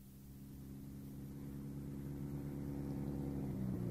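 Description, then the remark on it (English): A car engine in a garage hums steadily at low pitch, slowly growing louder over four seconds with a faint rising whine as it idles and revs gently; no voices. “And that's a car.”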